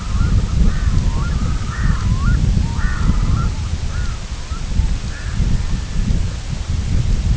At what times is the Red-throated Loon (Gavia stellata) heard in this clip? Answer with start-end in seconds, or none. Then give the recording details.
0.00-3.53, 3.82-6.41. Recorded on Arctic tundra, site IGLO-F, on 22 June 2018. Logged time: 02:00